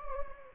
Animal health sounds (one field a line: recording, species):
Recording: mosquito wingbeat signal from an infrared sensor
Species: Anopheles gambiae